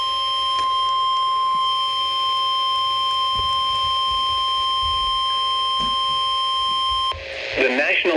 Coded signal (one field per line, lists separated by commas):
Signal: Emergency Alert System (SAME) tones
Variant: 1050 Hz attention tone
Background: speech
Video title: EAS #41-42